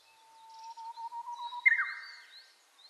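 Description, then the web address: Japanese bush warbler song: a low sustained whistle that slowly rises, ending in an abrupt, higher, tumbling phrase, with faint thin calls of other birds above it. Recorded on 29 April 2001. "2001 010429 uguisu"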